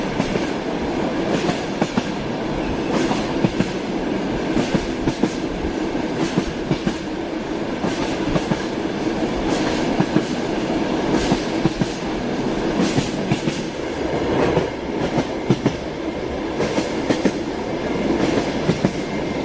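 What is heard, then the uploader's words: A steady, dense rumble from inside a moving train carriage fills the whole recording, heavy in the low and middle range. Sharp clacks and rattles break through every second or so, loosely rhythmic, as the wheels pass over rail joints. Train journey Soothes the bumps on the rails. Fast train.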